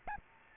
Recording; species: mosquito wingbeat signal from an infrared sensor; Aedes albopictus